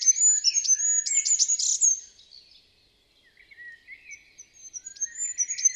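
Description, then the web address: Bird uttering a dense burst of high, sharp chirps and whistles, pausing briefly, then resuming with softer thin notes and lower warbling tones. "Bird Only"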